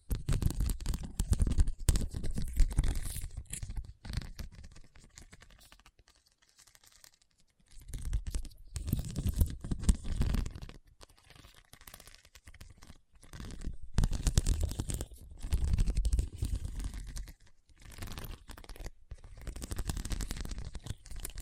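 Scratching on a hard, bumpy surface comes in dense, rough bursts with clicky crackles, broken by short silences near 6, 12 and 18 seconds.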